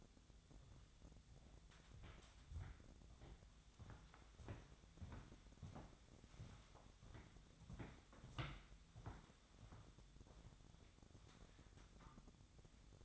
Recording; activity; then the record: daily activity, microphone in the room; walk to room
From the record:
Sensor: 3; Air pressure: 999.9 hPa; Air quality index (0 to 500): 120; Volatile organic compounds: 2 ppm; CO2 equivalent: 1078 ppm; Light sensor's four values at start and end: 41/100/44/48 and 40/96/43/47